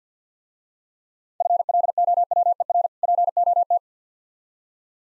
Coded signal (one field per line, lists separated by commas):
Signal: Morse code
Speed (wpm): 51 wpm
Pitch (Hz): 700 Hz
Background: none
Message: FLOWER POT